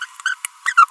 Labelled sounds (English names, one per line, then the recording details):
Green-rumped Parrotlet babbling
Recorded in a nest box in Venezuela
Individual 18B25A4